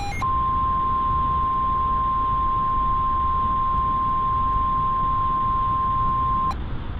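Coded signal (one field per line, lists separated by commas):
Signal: Emergency Alert System (SAME) tones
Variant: 1050 Hz attention tone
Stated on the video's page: Fictional EAS mock set during a thunderstorm, not a real alert.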